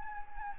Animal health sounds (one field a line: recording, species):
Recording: mosquito wingbeat signal from an infrared sensor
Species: Anopheles gambiae